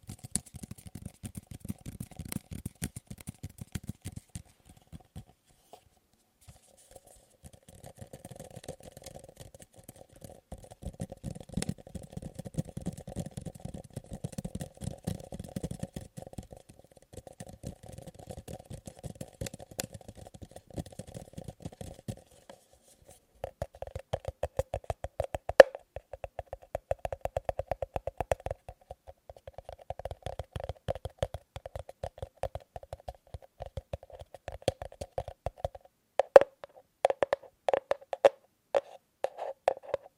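Tapping on objects, fast bursts alternating with slower, sparser strikes. Dense runs of quick taps fill the first twenty seconds with short pauses between them, then sharper, louder individual knocks stand out from about 23 seconds, with a steady low tone running underneath.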